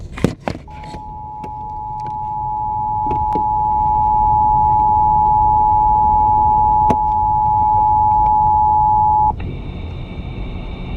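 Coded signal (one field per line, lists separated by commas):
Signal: Emergency Alert System (SAME) tones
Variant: 853 and 960 Hz attention tone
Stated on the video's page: Real tornado warning heard on a car radio while sitting in traffic.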